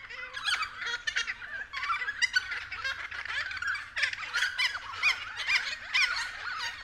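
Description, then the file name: Friarbirds calling in a busy chorus of rasping, cackling notes, with a few clearer squeaks toward the end. Several friarbirds calling at 6:30 AM. "BIRD-FRIARBIRDS-N-301111-6 30 AM"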